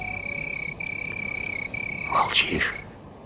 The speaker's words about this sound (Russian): Они трепыхаются, они трепыхаются, они живут, наслаждаются жизнью. И кузнечики трынкают, и лягушки квакают.